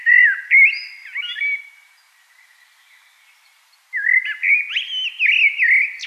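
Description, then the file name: Common blackbird song in two phrases about two seconds apart, each a low, flute-like warble breaking into varied whistled notes. "Turdus merula"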